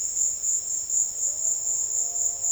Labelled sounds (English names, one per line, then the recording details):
none
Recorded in secondary vegetation near Puerto Asís, Putumayo, Colombia, on 13 March 2025 at 16:00
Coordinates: 0.488, -76.319
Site G095